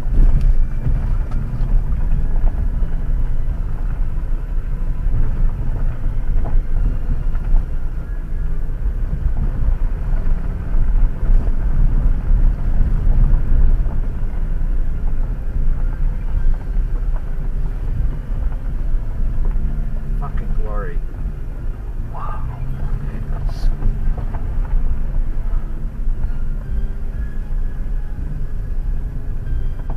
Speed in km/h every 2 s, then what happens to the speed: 13, 13, 14, 14, 14, 14, 15, 15, 13, 10, 8, 11, 13, 11, 11.
0-15 steady at about 14. 15-20 slows to 8. 20-30 steady at about 11.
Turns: 16-23.